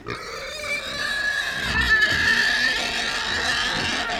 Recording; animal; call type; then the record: contact call of a hoofed animal; wild boar; grunt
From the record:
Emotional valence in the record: negative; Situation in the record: naturally occurring agonistic interactions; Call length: 4.3 s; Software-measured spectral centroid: 3200 Hz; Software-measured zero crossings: 4660 a second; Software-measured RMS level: -23 dBFS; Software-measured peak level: -8 dBFS